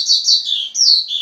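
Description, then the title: Javan bush lark song fragment, a few bright, slurred high notes in quick succession. "Suara Burung Branjangan"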